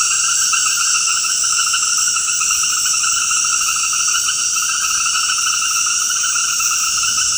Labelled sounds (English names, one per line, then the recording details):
none
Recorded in dense forest near Puerto Asís, Putumayo, Colombia, on 19 February 2024 at 20:30
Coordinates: 0.472, -76.329
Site G6394